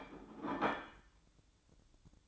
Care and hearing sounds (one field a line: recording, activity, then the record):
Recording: daily activity, microphone in the room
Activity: place plate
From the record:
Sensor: 3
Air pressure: 1007.5 hPa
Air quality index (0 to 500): 56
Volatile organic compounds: 1 ppm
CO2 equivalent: 598 ppm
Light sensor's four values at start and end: 9/21/8/8 and 9/21/8/8